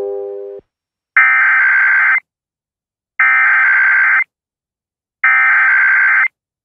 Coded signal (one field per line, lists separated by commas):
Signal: Emergency Alert System (SAME) tones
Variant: header bursts